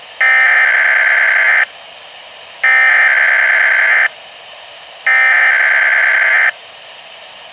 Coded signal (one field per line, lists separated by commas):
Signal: Emergency Alert System (SAME) tones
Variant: header bursts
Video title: Weatheradio Canada - Freezing Rain Warning and Snowfall Warning (EAS #70) 28/01/2013